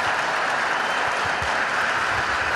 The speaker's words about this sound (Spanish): Fuerte aplauso.